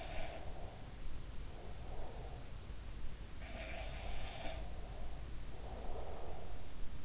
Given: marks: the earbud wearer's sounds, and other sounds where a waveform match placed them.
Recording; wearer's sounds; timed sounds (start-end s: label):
sounds in sleep by an in-ear microphone; breath
0.00-2.55 s: sound from someone else or the room
0.27-2.55 s: breath
3.35-6.61 s: sound from someone else or the room
4.51-6.61 s: breath